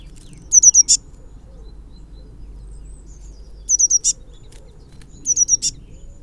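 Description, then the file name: Eurasian blue tit giving high, thin triple notes each ending in a brief sharp burst, three phrases spaced one to three seconds apart, with soft low background hum. "Cyanistes caeruleus"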